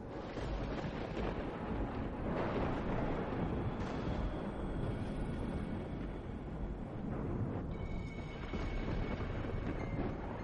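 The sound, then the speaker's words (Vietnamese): A loud thunderclap breaks into a long, heavy rolling rumble that stays dense and roaring for several seconds, with faint high whistling tones near the end and no voices. “Đúng lúc đánh đùng một cái, tiếng sét đánh đinh tai nhức óc.”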